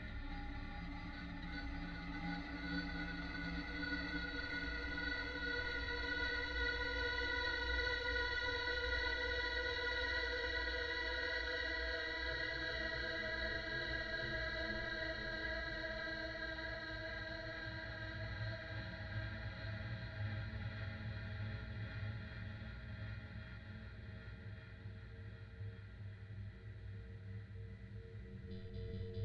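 Processed sine tones hum as a thick, steady drone of many stacked pitches, from a low rumble up to bright, thin tones. The texture stays constant for the whole half minute, with a low layer shifting around the twelve-second mark and faint wavering throughout.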